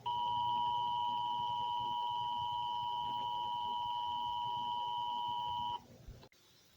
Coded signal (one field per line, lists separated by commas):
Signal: Emergency Alert System (SAME) tones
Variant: 853 and 960 Hz attention tone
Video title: "Radioactive tornado" (eas scenario)